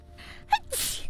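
A quick voiced intake, then a sharp hissing burst: a single short sneeze from an adult.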